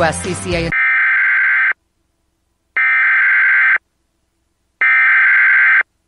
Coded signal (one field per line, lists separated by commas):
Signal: Emergency Alert System (SAME) tones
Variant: header bursts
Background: speech